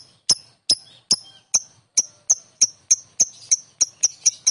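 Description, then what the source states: Lovebird giving sharp, high clicking chips, spaced at first and speeding up toward the end. Konslet song style.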